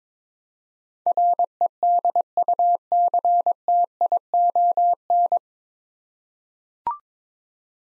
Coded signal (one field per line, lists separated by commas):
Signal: Morse code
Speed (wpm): 22 wpm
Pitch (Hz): 700 Hz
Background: none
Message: REDUCTION